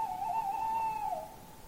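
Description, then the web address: Tawny owl giving one sustained, steady hoot that dips slightly in pitch as it ends. "linnut lehtopollo"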